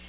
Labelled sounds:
Yellow-rumped Warbler flight call

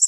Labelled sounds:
Connecticut Warbler flight call

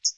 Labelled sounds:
Hooded Warbler flight call

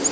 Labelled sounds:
Black-throated Green Warbler flight call

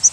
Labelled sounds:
Yellow-rumped Warbler flight call

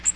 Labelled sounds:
Magnolia Warbler flight call

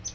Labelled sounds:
Palm Warbler flight call

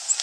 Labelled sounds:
Orange-crowned Warbler flight call

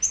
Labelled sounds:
Yellow-rumped Warbler flight call

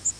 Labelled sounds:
Yellow Warbler flight call

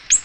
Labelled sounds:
Ovenbird flight call

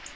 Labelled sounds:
Black-throated Blue Warbler flight call

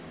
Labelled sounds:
Golden-winged Warbler flight call

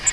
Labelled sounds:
Grace's Warbler flight call

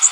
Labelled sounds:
Magnolia Warbler flight call

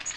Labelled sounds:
Magnolia Warbler flight call

